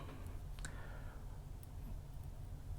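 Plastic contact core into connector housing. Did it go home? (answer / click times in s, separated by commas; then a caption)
yes / 0.6 s. While rebuilding a board connector for a Commodore 64 replica, a part taken from an older connector is fitted into the new one and the plastic contact core is pushed back into the connector housing. Two sharp snaps sound at 0.6 s and 0.7 s, followed by a faint tick at 1.6 s over a low steady hum. The core snaps into place and is seated in the housing.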